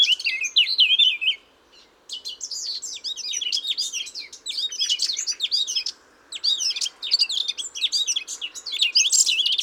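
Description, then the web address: Eurasian blackcap song of rapid scratchy twitters and warbled notes, broken into several bursts separated by short silences. "SETE Sylvia atricapilla"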